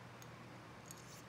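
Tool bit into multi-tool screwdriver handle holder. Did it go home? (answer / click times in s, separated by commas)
no / none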